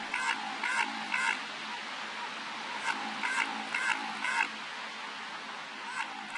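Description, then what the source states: Antarctic minke whale bioduck sound: short trains of rapid, duck-like pulsed quacks, repeated in regular bursts about twice a second with a pause of over a second midway, over a steady hiss of background noise. Heard in the eastern Weddell Sea off Antarctica and off western Australia; long thought possibly human-made; its function is unknown.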